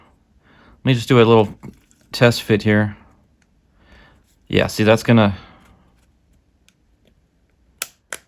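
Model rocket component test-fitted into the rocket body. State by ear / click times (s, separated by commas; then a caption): seated / 7.8 s, 8.1 s. Someone talks while test-fitting a component into the body of a crashed model Falcon 9 rocket that is being rebuilt. The part is pushed into position and snaps into place with two sharp clicks at 7.8 s and 8.1 s, seating properly.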